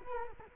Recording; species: mosquito wingbeat signal from an infrared sensor; Culex quinquefasciatus